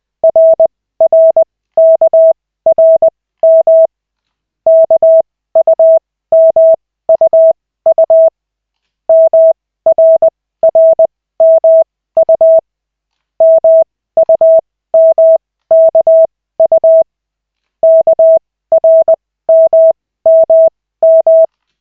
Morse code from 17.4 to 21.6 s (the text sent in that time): KRMMM